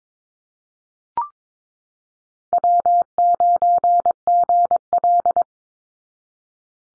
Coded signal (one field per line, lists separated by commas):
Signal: Morse code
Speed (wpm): 22 wpm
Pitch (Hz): 700 Hz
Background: none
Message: W9GL